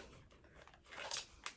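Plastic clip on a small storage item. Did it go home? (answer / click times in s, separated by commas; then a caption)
partly / 1.5 s. Someone presses together a small plastic storage item from a haul that is meant to clip shut, making a soft plastic rustle that swells just before a sharp click at 1.5 s. One clip engages there, but another point on the item does not clip, so it only partly closes.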